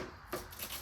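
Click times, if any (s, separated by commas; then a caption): 0.3 s. A metal retaining clip is pushed onto a fuel injector at the fuel rail of an E46, giving a short, sharp snap at 0.3 s over faint handling noise. The clip seats and holds much more securely than the old one, which seemed worn out.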